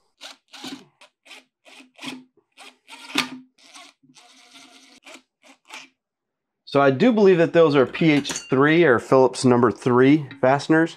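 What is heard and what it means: A Phillips #2 screwdriver works on Phillips screws, thought to be PH3, in the housing of a salvaged ceiling fan, making a series of short scraping and ticking sounds over the first six seconds. A sharp click at 3.2 s marks the driver camming out of the screw head, leaving the screw stripped. From about 6.7 s, someone talks.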